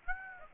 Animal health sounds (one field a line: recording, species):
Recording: mosquito wingbeat signal from an infrared sensor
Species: Aedes aegypti